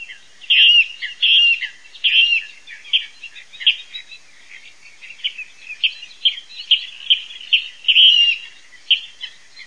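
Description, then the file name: Water rail calling: a run of short, sharp, high squealing notes, irregularly spaced, some louder and drawn out, with no other clear sounds. "PORCIGLIONE"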